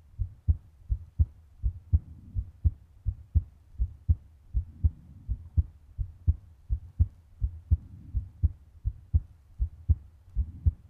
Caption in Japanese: ママの心臓の音。 ドキドキ、ドクドクって音。